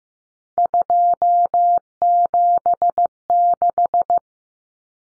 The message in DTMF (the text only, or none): none